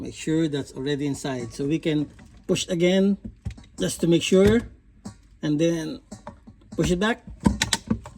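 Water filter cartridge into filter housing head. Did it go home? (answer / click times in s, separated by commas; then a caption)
yes / 7.6 s, 7.7 s. A water filter cartridge for a Watts Premier Filter-Pure UF3 under-sink filtration system is pushed back into its filter head while someone talks. It latches with sharp clicks at about 7.6 and 7.7 seconds, followed by a few fainter ticks, and the cartridge is seated.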